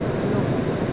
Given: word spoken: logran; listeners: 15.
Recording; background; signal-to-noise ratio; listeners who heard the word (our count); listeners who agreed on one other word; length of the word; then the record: one Spanish word in noise, from a listening test; speech-shaped noise; -6.7 dB; 0 of 15; 7 of 15; 0.53 s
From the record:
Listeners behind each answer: 7, 2, 1, 1, 1, 1, 1, 1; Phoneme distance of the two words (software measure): 38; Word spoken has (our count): 2 syllables, 6 phonemes, stress on syllable 1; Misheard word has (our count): 1 syllable, 2 phonemes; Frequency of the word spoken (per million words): 10.94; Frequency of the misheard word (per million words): 9606.18